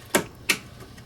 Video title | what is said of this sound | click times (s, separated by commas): #1050 Bally PLAYBOY Pinball Restoration & BLACKWATER 100 with New Art! TNT Amusements | positive snaps right in | 0.1 s, 0.5 s